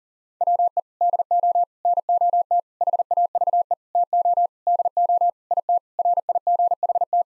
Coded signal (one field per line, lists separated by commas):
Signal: Morse code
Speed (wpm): 40 wpm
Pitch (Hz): 700 Hz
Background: none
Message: WE DO NOT HAVE TO DO IT RIGHT